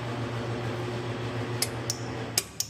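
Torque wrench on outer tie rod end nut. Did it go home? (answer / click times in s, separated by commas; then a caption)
yes / 2.4 s, 2.6 s. A torque wrench set to about 52 ft-lb is pulled on the 21 mm outer tie rod end nut of a 2017 Ford Fusion against a steady low hum. There are two lighter ticks at 1.6 and 1.9 seconds, then sharp clicks at 2.4 and 2.6 seconds. This is the wrench's double click, confirming the nut has reached the set torque.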